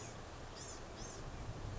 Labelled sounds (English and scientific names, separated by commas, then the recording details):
Blue-gray Gnatcatcher (Polioptila caerulea)
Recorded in Sonoma County, California